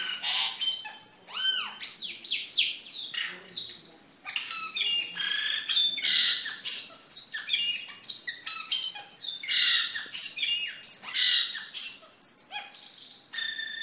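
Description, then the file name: Camperling song: a fast, varied stream of high whistles, sweeping notes and buzzy squeaks, with few pauses. "camperling omkicau"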